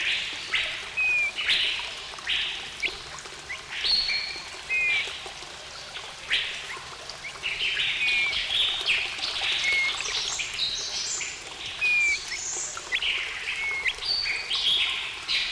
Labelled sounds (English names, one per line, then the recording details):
Crested Partridge
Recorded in captivity
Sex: male
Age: adult
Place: Zoo Berlin, Berlin, DE
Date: 1994-02-12 11:15
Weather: bedeckt, leichter Schneefall, um 0°C
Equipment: Marantz CP 430, Sennheiser MKH 416 T, Kopie Uher Variocord 263
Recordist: Tembrock, Günter